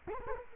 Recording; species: mosquito wingbeat signal from an infrared sensor; Culex quinquefasciatus